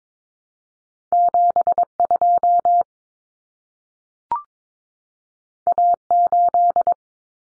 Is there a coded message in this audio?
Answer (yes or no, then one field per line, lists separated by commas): yes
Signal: Morse code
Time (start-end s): 1.1-6.9 s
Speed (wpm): 22 wpm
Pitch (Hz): 700 Hz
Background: none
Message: 72 A8